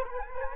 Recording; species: mosquito wingbeat signal from an infrared sensor; Culex quinquefasciatus